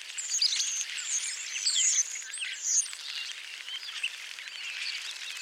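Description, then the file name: Busy chorus of European starlings, overlapping whistled slurs and scratchy chirps forming a steady high-pitched babble. Flock of calling starlings, recorded in June 2021. "european starling flock calls by rob van bemmelen"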